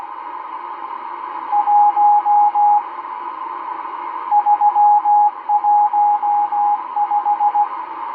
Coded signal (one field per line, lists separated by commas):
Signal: Morse code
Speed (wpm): 16 wpm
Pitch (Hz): 830 Hz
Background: radio noise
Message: 1 315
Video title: Realistic DX-394 - M12 Morse Code Numbers 01/09/2023 1920 UTC 12167kHz